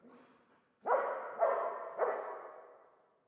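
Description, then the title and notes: Dog barks three times in quick succession, the sound lingering after the last bark. Old dog stuck in the pool/basin of the dilapidated Palais El Glaoui courtyard, Fès, Morocco; full sun, circling, rearing on hind legs, barking at visitors; recorded with Zoom F3 and ORTF microphone. "Fès, Fès-Meknès, Maroc - le chien du palais El Glaoui. Dans la cour du palais (en décrépitude avancée), un vieux chien est "prisonnier" dans le bassin/piscine. Il se dresse sur ses pattes arrières pour entrevoir quelques secondes ce qui se passe dans la cour et "invective" les visiteurs de ses aboiements."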